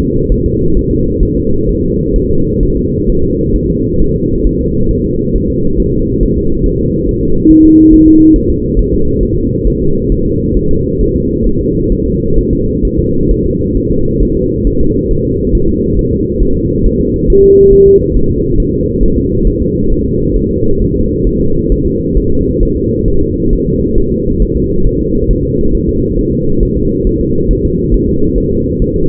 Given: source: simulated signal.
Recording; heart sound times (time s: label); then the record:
fetal heart sounds
0.02 s: S2
0.32 s: S1
0.46 s: S2
0.77 s: S1
0.91 s: S2
1.23 s: S1
1.37 s: S2
1.69 s: S1
1.84 s: S2
2.16 s: S1
2.30 s: S2
2.63 s: S1
2.77 s: S2
3.10 s: S1
3.24 s: S2
3.56 s: S1
3.70 s: S2
4.02 s: S1
4.16 s: S2
4.47 s: S1
4.61 s: S2
4.91 s: S1
5.06 s: S2
5.36 s: S1
5.50 s: S2
5.80 s: S1
5.94 s: S2
6.23 s: S1
6.37 s: S2
6.66 s: S1
6.80 s: S2
7.09 s: S1
7.23 s: S2
7.51 s: S1
7.65 s: S2
7.94 s: S1
8.08 s: S2
8.36 s: S1
8.50 s: S2
8.79 s: S1
8.94 s: S2
9.23 s: S1
9.37 s: S2
9.67 s: S1
9.82 s: S2
10.12 s: S1
10.26 s: S2
10.57 s: S1
10.71 s: S2
11.02 s: S1
11.16 s: S2
11.47 s: S1
11.61 s: S2
11.92 s: S1
12.06 s: S2
12.38 s: S1
12.53 s: S2
12.85 s: S1
12.99 s: S2
13.31 s: S1
13.46 s: S2
13.77 s: S1
13.92 s: S2
14.23 s: S1
14.37 s: S2
14.67 s: S1
14.81 s: S2
15.11 s: S1
15.25 s: S2
15.55 s: S1
15.69 s: S2
15.99 s: S1
16.13 s: S2
16.43 s: S1
16.57 s: S2
16.87 s: S1
17.01 s: S2
17.30 s: S1
17.44 s: S2
17.73 s: S1
17.88 s: S2
18.17 s: S1
18.31 s: S2
18.60 s: S1
18.74 s: S2
19.03 s: S1
19.18 s: S2
19.47 s: S1
19.62 s: S2
19.92 s: S1
20.06 s: S2
20.37 s: S1
20.51 s: S2
20.82 s: S1
20.96 s: S2
21.27 s: S1
21.41 s: S2
21.72 s: S1
21.86 s: S2
22.17 s: S1
22.32 s: S2
22.63 s: S1
22.77 s: S2
23.08 s: S1
23.22 s: S2
23.53 s: S1
23.67 s: S2
23.98 s: S1
24.12 s: S2
24.42 s: S1
24.57 s: S2
24.87 s: S1
25.01 s: S2
25.31 s: S1
25.45 s: S2
25.75 s: S1
25.89 s: S2
26.19 s: S1
26.33 s: S2
26.63 s: S1
26.77 s: S2
27.07 s: S1
27.21 s: S2
27.51 s: S1
27.65 s: S2
27.94 s: S1
28.09 s: S2
28.38 s: S1
28.52 s: S2
28.82 s: S1
28.96 s: S2
From the record:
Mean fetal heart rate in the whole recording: 135 bpm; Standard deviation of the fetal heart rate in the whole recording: 3 bpm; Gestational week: 36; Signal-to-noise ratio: -16.4 dB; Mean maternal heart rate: 72 bpm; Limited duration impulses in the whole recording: present